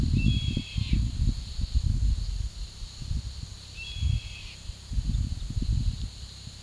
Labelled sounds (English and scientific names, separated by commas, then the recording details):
Yellow-headed Caracara (Milvago chimachima)
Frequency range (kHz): Yellow-headed Caracara (Milvago chimachima) 1.5-4.4 kHz
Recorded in pastures near Puerto Asís, Putumayo, Colombia, on 18 February 2024 at 14:30
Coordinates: 0.486, -76.323
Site G6462